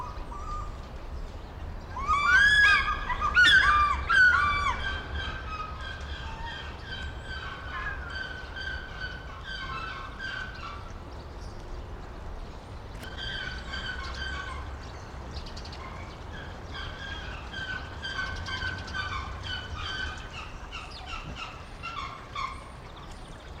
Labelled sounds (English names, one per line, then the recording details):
Pallas's Fish Eagle
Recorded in captivity
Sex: pair
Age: adult
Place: Zoo Berlin, Berlin, DE
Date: 1994-02-11 11:04
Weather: Bedeckt, 4°C
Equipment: Marantz CP 130, Sennheiser ME 80, Kopie Uher Variocord 263
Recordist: Tembrock, Günter